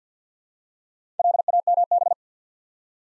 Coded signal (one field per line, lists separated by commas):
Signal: Morse code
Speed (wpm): 48 wpm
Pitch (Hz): 700 Hz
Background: none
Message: LAMB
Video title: Easy Words with Hints - 50wpm